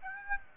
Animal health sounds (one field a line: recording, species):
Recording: mosquito wingbeat signal from an infrared sensor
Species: Aedes aegypti